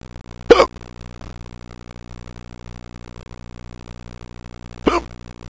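Two sharp, abrupt hiccups about four seconds apart over a steady low background hum, from an adult whose hiccups are pretty bad.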